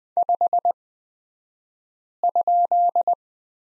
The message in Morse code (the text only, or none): 5?